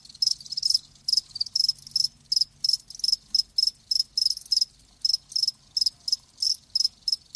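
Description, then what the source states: Crickets chirping in crisp, regular high bursts, several per second, each a short pulsed trill with clear gaps between. Live crickets chirping.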